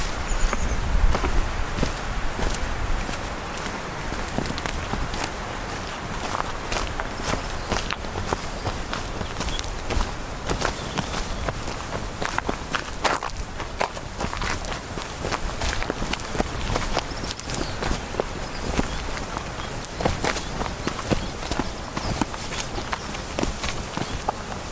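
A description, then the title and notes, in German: Footsteps crunch over soft forest ground and loose gravel at an even walking pace, continuing for the whole stretch. Each step gives a short, gritty crunch over a steady, airy outdoor hush, with a slightly louder, rougher patch at the very start. Am Breitenberg im Allgäu erklimmt die Sonne hinter den Gipfeln den Himmel. Deine Schritte auf dem weichen Waldboden und das Knirschen der Kiesel unter deinen Füßen. Den Klang des Wanderns in der einzigartigen Umgebung hier im Allgäu.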